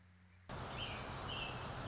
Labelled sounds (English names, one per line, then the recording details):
American Robin
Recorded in Sonoma County, California